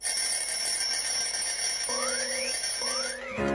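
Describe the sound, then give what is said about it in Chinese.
An alarm clock rings with a steady, bright metallic jangle that never pauses, while two quick rising electronic tones sweep upward over it toward the end, during the Good Morning Show on Beijing FM96.9. “上了闹钟，我伸一个懒腰，我要对全世界说一声早上好。”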